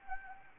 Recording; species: mosquito wingbeat signal from an infrared sensor; Anopheles gambiae